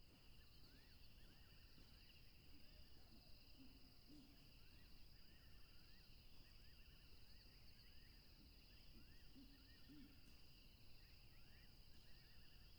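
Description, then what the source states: Steady two-band cricket trilling runs throughout, joined by repeated rising chirps in the middle range and soft low notes around four and ten seconds, over rushing noise. Crickets recorded along a tropical river.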